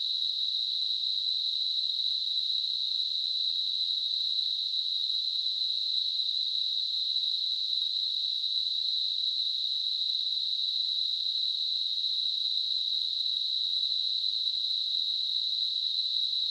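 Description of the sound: A steady, high-pitched hiss, a narrow band of noise centred around 4 kHz, runs unchanged for about 16 seconds with no pauses or other sounds. It is a simulation of how tinnitus can sound: the ringing or hissing some people hear without any outside source.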